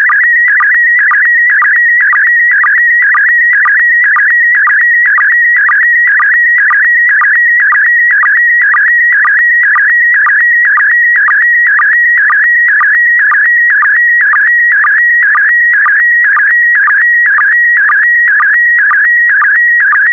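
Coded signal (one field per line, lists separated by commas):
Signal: SSTV (slow-scan television)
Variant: PD120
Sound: warbling whistle around 2 kHz with a low blip twice a second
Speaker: the next image transmission will start in 10 seconds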